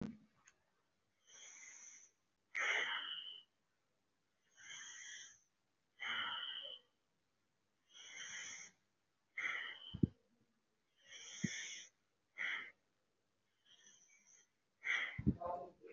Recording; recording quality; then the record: deep breathing; excellent, no background noise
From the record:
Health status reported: respiratory illness, not identified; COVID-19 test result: negative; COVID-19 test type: RT-PCR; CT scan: not taken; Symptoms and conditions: breathing difficulty, fatigue, another respiratory illness, hypertension, diabetes, another condition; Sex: male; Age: 55 years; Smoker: yes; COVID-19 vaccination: both doses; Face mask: worn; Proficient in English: yes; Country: India